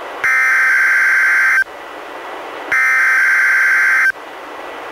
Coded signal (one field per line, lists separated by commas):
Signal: Emergency Alert System (SAME) tones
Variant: header bursts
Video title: EAS #86: NWR Required Weekly Test- Nov. 11, 2015- 11:01AM PST